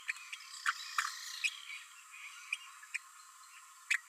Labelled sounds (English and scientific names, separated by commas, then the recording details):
Green-rumped Parrotlet (Forpus passerinus) babbling
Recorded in a nest box in Venezuela
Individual 18B12A1